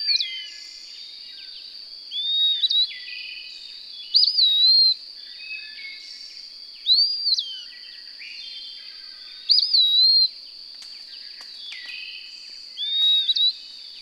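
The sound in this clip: Bird song of quick whistled, slurred phrases given every few seconds against a continuous shrill background drone.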